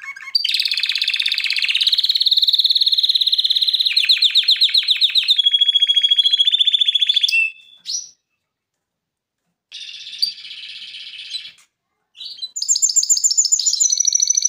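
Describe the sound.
Canary singing long rolling trills and buzzy rattles, broken by short pauses before bright whistled trills resume.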